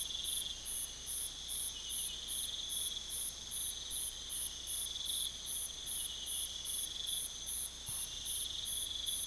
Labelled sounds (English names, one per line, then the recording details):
none
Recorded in pastures near Puerto Asís, Putumayo, Colombia, on 21 December 2024 at 02:30
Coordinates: 0.486, -76.323
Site GP01